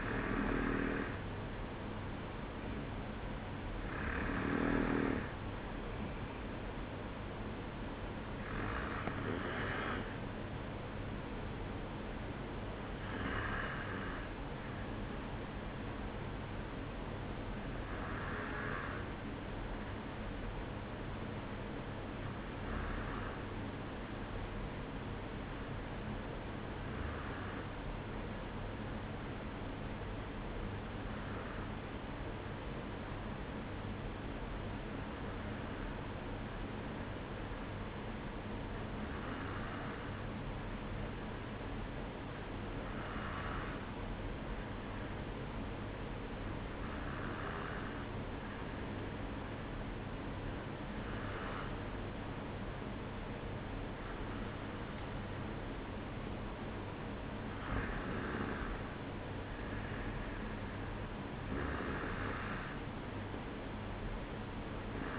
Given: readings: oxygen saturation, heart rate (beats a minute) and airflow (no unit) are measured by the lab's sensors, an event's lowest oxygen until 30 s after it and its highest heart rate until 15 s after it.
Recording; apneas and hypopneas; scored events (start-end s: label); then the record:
breathing in sleep by a voice recorder at the bedside; 1
8.00-65.18 s: new sleep stage, N2 (light sleep)
19.00-55.10 s: hypopnea (N2, oxygen 95% highest, then 93% lowest, heart rate 54 at the start, 57 highest)
From the record:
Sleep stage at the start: N1 (lightest sleep); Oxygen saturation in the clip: 93 to 95%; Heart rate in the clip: 53 to 58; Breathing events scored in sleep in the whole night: 305 in 9.6 hours asleep